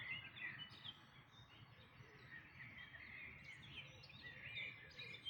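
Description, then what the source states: Birds twittering softly, with a dense blend of high chirps and trills running on without pause over a faint background hum. Dawn chorus, May 2026.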